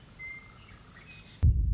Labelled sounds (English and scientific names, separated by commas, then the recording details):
Western Meadowlark (Sturnella neglecta)
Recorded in Sonoma County, California